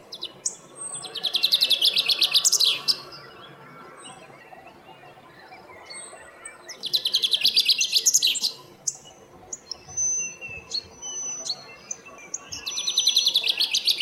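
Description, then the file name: Common chaffinch singing three times, each a bright trill of repeated notes, the first two closing with a flourish and the last cut off at the end, with quiet gaps and brief high chirps between. "Fringilla coelebs"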